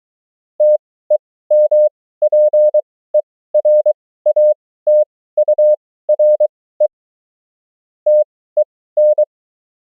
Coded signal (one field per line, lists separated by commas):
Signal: Morse code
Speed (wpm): 23 wpm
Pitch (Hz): 600 Hz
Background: none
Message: TEMPERATURE TEN